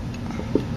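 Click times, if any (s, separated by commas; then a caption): none. A micro TF (microSD) card is handled at the side slot of a portable Bluetooth stereo speaker, with its contacts facing the front of the unit. Against a low, steady background, faint handling ticks are heard around 0.1 s and 0.3 s, and a brief sharper tick is heard near 0.6 s. The card has not seated or clicked yet.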